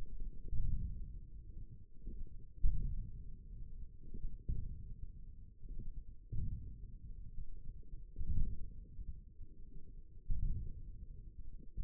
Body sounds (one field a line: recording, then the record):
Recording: forearm muscle sounds (acoustic myography)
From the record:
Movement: ulnar deviation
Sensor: system 1, eight BSWA MPA416 microphones around the upper forearm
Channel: 2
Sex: male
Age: 28 years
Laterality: right